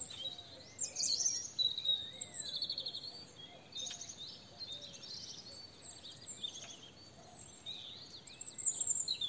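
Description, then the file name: European robin giving high, thin twittering notes and short trilled phrases, repeated rapidly over a steady background hiss. "Erithacus rubecula"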